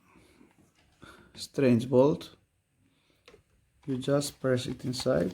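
Someone talks while the replacement inner pad's plastic fastener is pressed by hand into its mount inside the shell of an Abus Airbraker bicycle helmet, with quiet handling noise between the words. The clip ends before the fastener goes home, so nothing has seated or clicked yet.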